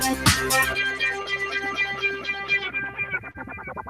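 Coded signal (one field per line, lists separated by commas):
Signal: none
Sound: intro music notes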